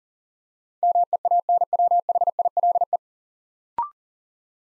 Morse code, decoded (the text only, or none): MEANWHILE